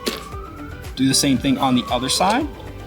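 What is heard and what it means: The second main landing gear leg of a HobbyZone AeroScout S 2 1.1m RC airplane is being handled at the slot on the other side of the fuselage while someone talks, with faint music underneath. A brief sharp sound comes at 0.1 s. Nothing has seated or clicked yet.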